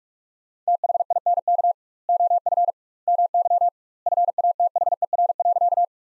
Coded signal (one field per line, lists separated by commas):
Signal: Morse code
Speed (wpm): 48 wpm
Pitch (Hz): 700 Hz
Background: none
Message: THINK OF MY FATHER.